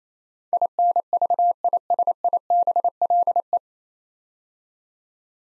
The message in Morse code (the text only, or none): INVISIBLE